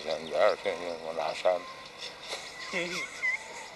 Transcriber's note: laughing